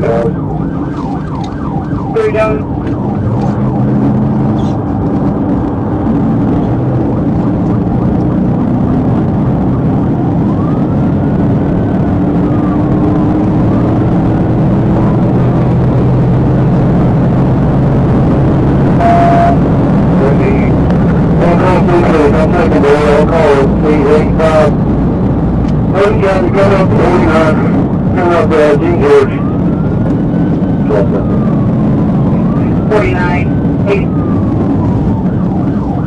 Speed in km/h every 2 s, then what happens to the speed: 87, 95, 98, 108, 121, 135, 147, 156, 166, 174, 172, 158, 151, 135, 135, 134, 129, 114.
0-18 speeds up to 174. 18-26 brakes to 135. 26-31 steady at about 135. 31-36 brakes to 114.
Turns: none.